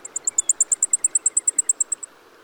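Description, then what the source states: Blackpoll Warbler song: a very high, thin series of many rapid ticking notes at a steady pace over about two seconds. Songbird that winters in South and Central America and the Caribbean.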